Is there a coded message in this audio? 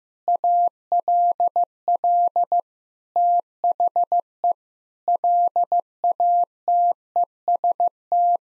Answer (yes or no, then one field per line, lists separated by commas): yes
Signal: Morse code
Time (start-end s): 0.3-8.4 s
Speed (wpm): 15 wpm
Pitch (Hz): 700 Hz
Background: none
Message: ALL THE LATEST